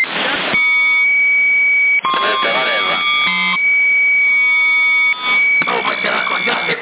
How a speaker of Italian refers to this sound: Questo, Capo, anche qua comunque non è fortissima, però poi c'è questo innesco, questo fischio proprio per disturbare. Sì, è fatto di proposito proprio per quello